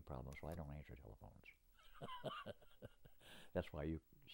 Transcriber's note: laughs